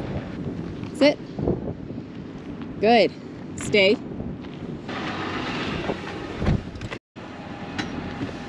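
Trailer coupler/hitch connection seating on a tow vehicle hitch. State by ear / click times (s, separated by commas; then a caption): seated / 7.8 s. Someone talks over a running truck and wind noise as the truck is slowly inched forward, because it was hitched at an angle and the Airstream Basecamp trailer's coupler sat slightly out of line on the tow vehicle's hitch. A metal-on-metal click at 7.8 s marks the hitch connection seating into place.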